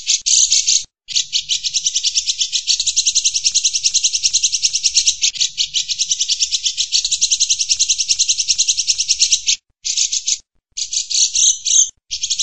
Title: Suara Kolibri Ninja Pilihan MERDU, JELAS DAN LANTANG Cocok Dijadikan Masteran Burung Anda